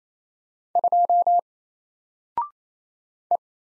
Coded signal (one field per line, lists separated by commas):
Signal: Morse code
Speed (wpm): 28 wpm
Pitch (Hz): 700 Hz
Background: none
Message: 2 E